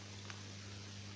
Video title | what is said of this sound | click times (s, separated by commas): Ekran Değişimi General Mobile Discovery Kasalı Lcd Değişimi | Bak şuradan ekran filmimizi takıyoruz tık diye ses geldi | 0.3 s